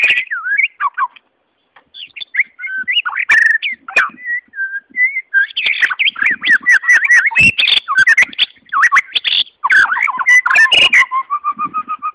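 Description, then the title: White-rumped shama song of fluted whistles, quick rising and falling notes and dry clicks, with a long varied rambling phrase toward the end. Wild forest bird; its original, natural song. "Kicau Asli Murai Batu Hutan"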